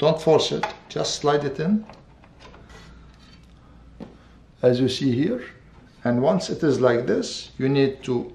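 A RAM memory module is slid gently into a desktop motherboard DIMM slot and lined up without force; it is only pushed home later. Someone talks, with a quieter gap in the middle where faint handling sounds and a small tap at about 2.2 s are heard. Nothing has seated or clicked yet.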